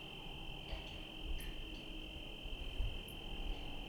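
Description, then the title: Cricket song: a steady high trill while a few quick shrill chirps sound, against a low, rough background rumble. Night recording in Trinity County, California, USA, dated 17/10/25 around 05:06 (approximate time); recorded on Zoom H1 with internal XY microphones. "Trinity County, Californie, États-Unis d'Amérique - 17_10_25_05_06 grillons nuit voitures PLUIE"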